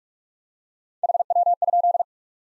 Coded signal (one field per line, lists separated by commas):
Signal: Morse code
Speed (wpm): 43 wpm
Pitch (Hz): 700 Hz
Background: none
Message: HW?